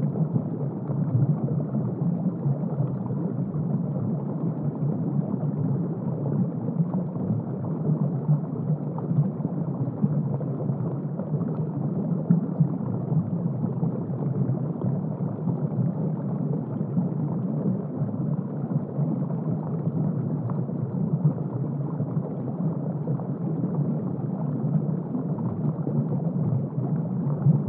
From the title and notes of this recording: Water and nature sounds.